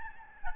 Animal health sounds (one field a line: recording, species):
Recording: mosquito wingbeat signal from an infrared sensor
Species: Aedes albopictus